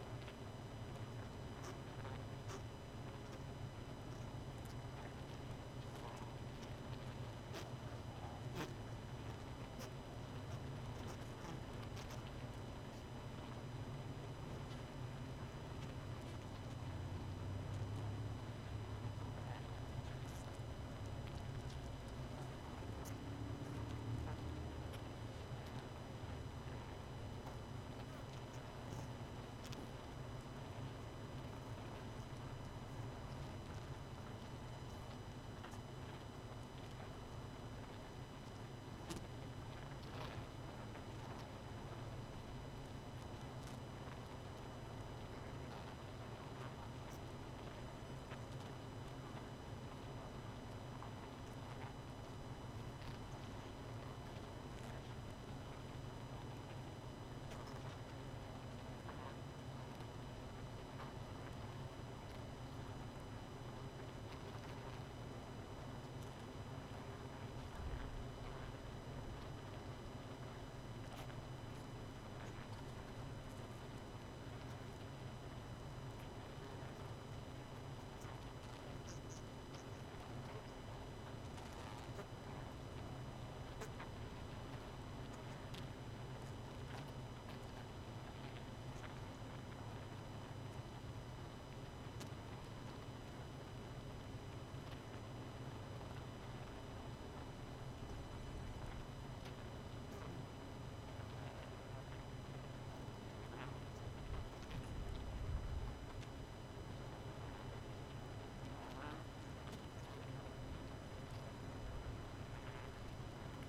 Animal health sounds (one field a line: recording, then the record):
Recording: honeybee colony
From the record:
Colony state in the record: missing queen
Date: 31 May 2018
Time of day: 23:45